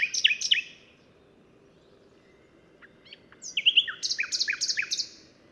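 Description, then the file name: Common nightingale giving two loud chirps, a pause, then a quick phrase of repeated chirping notes. "Luscinia megarhynchos"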